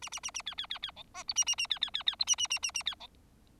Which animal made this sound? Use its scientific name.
Lonchura striata domestica